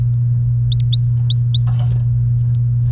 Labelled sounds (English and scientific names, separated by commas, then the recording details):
Domestic Canary (Serinus canaria) song
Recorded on 29 April 2018 at 05:44
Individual llb3